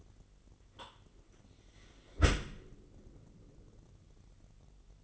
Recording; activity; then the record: daily activity, microphone in the room; close dishwasher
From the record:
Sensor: 4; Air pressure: 999.1 hPa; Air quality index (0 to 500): 122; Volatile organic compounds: 2 ppm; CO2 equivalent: 1198 ppm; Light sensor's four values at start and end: 7/17/7/7 and 8/18/7/8